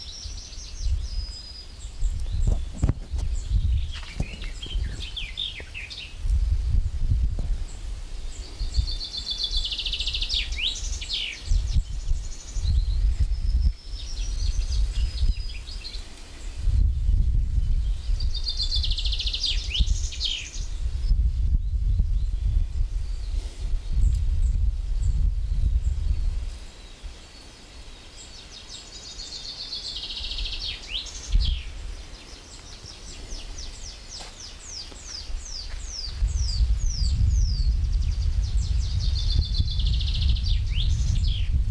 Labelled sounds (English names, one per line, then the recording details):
Common Chaffinch song
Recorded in the wild
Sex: male
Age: adult
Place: Bötzow - Krämer, Brandenburg, DE
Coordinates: 52.6736, 13.0725
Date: 1997-05-18 17:27
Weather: sunny, 26°C, wind
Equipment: Sony MD-WM MZ-R3, Sennheiser MKH 416 T, Kopie Uher 4000 Report Monitor
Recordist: Tembrock, Günter